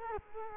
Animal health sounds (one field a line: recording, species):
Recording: mosquito wingbeat signal from an infrared sensor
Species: Culex quinquefasciatus